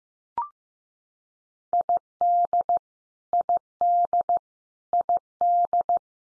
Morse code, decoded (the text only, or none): ID ID ID